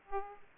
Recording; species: mosquito wingbeat signal from an infrared sensor; Aedes aegypti